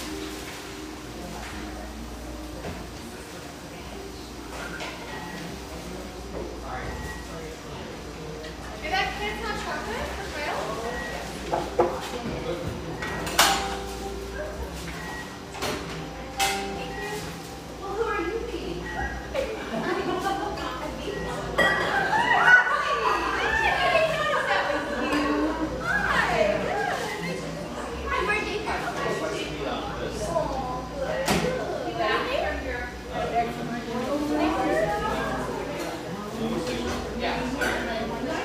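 Inside an industrial-style cafe in Portland's Grant Park neighborhood, several voices overlap in a steady murmur of conversation that grows busier after about twenty seconds. Sharp clinks and knocks of dishes and cups break through often, over a low constant hum.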